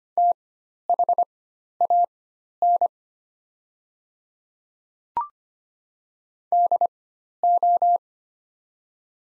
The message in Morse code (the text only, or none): THAN DO